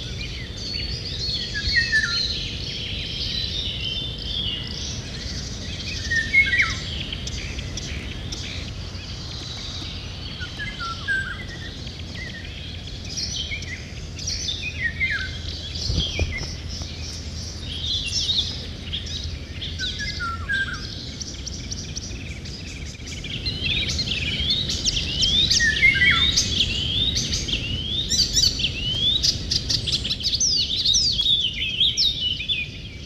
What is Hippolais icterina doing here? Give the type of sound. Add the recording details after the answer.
song. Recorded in the wild. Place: Petersau, Rheinland-Pfalz, DE. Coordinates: 49.5728, 8.41472. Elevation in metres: 94. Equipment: Uher 4000 Report, Sennheiser MKH 815 T. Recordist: Tretzel, Erwin